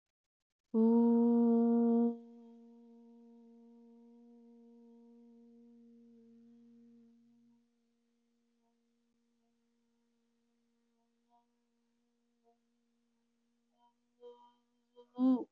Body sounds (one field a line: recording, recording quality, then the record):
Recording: sustained vowel as in boot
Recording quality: excellent, no background noise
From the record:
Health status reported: healthy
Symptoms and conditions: none ticked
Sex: female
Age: 33 years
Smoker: not ticked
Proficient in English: yes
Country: India